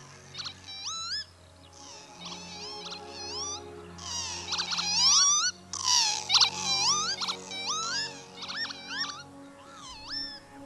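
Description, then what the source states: Northern Lapwing calls: wheezy, slurred notes that rise and fall, given in quick repeated bursts, over a low steady background hum. One of the sounds being heard less and less.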